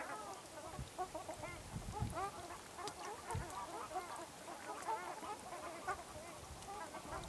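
Ruddy shelduck chorus, many short nasal honks with rising and falling tones overlapping continuously throughout.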